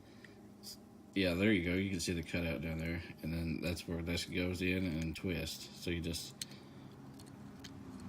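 Someone talks while a plastic firework tube holder is lowered into the cutout in a mounting rack base and positioned before being twisted to lock. Only faint brief ticks are heard around 0.3 s, 7.2 s and 7.7 s. The holder has not yet twisted, seated or clicked into place.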